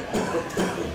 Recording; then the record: coughing mixed with background sound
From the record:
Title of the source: Residual Phlegmy Morning Coughing and Gagging